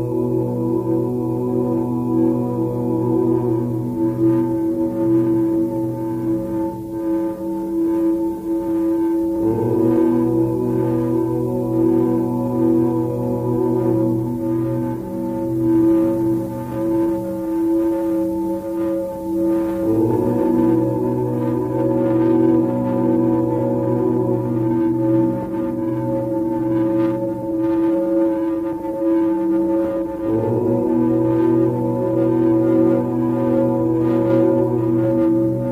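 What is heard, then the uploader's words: Om chanting rings over the steady hum of singing bowls, with a long low drone and bright sustained tones layered above it. The chant renews about every ten seconds, near 10, 20 and 30 seconds, while the ringing stays constant throughout. Om Chanting on Singing Bowls.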